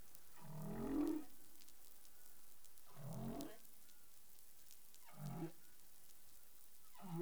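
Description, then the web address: Humpback whale calls: four low, broad groaning units spaced about two to two and a half seconds apart, the last cut short, over faint background hiss. Caribbean waters; recorded 20 April 2021 at 03:38 UTC. "CARIMAM clean data humpback whale"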